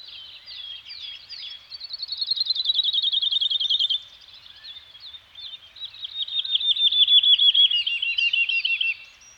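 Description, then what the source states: Birds singing: quick high trill gently dropping in pitch, a lull with faint twitters, then another long rattle of fast repeated notes. Nature soundscape of a Scandinavian forest environment with birds singing.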